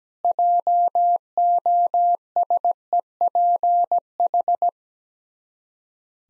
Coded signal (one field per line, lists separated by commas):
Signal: Morse code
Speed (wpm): 17 wpm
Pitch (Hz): 700 Hz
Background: none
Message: JOSEPH